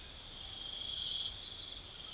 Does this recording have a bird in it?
no